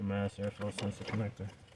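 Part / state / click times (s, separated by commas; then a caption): mass airflow sensor connector into sensor on intake / not seated / none. Someone talks while handling the plastic electrical connector of the mass airflow sensor, about to push it back onto the sensor on the intake of a 7th gen Maxima during a throttle body gasket replacement. The connector has not seated or clicked yet.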